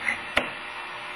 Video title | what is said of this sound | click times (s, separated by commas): Buchi Vapor Ducts | we'll click in | 0.4 s